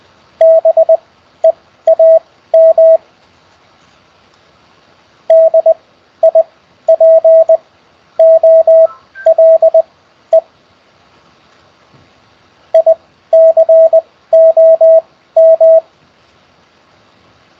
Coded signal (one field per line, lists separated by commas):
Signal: Morse code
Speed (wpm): 20 wpm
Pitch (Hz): 650 Hz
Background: radio noise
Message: BEAM DIPOLE ICOM